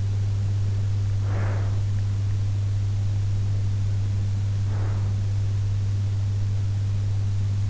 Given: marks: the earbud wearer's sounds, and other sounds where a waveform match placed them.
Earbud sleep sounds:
sounds in sleep by an in-ear microphone; breath
0.92-2.78 s: breath

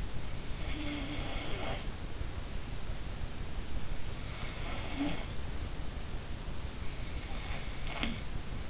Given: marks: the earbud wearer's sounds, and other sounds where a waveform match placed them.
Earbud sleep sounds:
sounds in sleep by an in-ear microphone; snoring breath
0.61-1.88 s: snoring breath
4.07-5.41 s: snoring breath
7.19-8.70 s: snoring breath

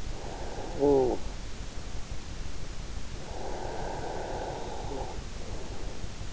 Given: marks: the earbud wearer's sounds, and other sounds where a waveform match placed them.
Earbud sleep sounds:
sounds in sleep by an in-ear microphone; talking in sleep, breath
0.24-1.42 s: talking in sleep
3.33-5.20 s: breath

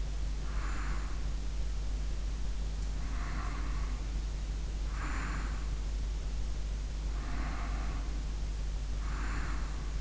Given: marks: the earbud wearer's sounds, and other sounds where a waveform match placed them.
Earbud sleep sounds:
sounds in sleep by an in-ear microphone; breath
0.51-1.29 s: breath
3.20-5.85 s: breath
7.17-10.01 s: breath

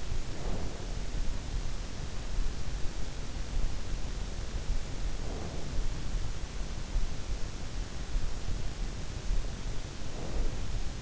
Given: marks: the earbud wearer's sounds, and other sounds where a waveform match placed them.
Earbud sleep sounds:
sounds in sleep by an in-ear microphone; breath
0.00-1.23 s: breath
5.08-6.11 s: breath
9.88-11.02 s: breath

